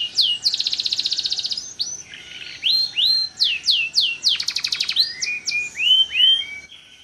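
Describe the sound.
Bird song: sharp whistled downslurs around a fast high trill, then a buzzy rattle and further slurred whistles tapering off.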